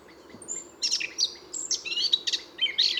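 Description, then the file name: Eurasian blackcap warbling in short bursts of high twittering and whistled notes over background hiss and low rumble. "Sylvia atricapilla"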